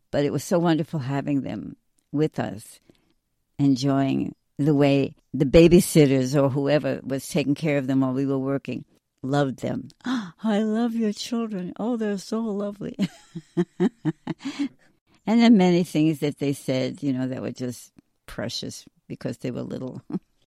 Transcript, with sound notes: but it was so wonderful having them with us, enjoying the way the babysitters or whoever was taking care of them while we were working loved them. "I love your children. Oh, they're so lovely." (laughs) And then many things that they said, you know, that were just precious because they were little.